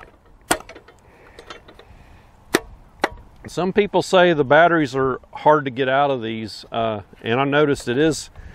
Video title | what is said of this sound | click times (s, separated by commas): Greenworks 40V Lithium G Max 10" Cultivator Review #greenworks | you push it in till it clicks some | 0.5 s